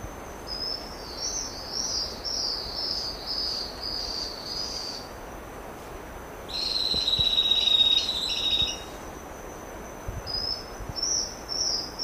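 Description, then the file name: Rufous-breasted leaftosser song: a quick series of high, thin whistled notes, then a louder, buzzier burst and a few more high notes, over a constant high insect hum. "Canto do vira folha"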